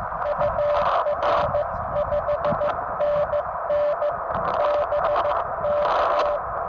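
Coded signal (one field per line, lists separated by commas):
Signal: Morse code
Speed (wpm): 14 wpm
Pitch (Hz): 590 Hz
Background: radio noise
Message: UR5NN BK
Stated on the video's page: Summits on the Air activation on Noble Mountain.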